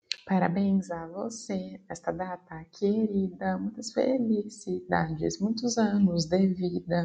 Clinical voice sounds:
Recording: short text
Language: Brazilian Portuguese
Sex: female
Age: 20 to 29 years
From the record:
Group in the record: control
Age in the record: 26 years

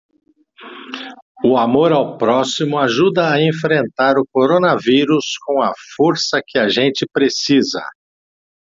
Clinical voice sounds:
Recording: spoken sentence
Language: Brazilian Portuguese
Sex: male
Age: 60 to 69 years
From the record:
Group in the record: control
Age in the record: 68 years

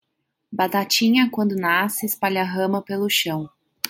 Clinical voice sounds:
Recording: short text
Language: Brazilian Portuguese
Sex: female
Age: 30 to 39 years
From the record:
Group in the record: control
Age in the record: 32 years

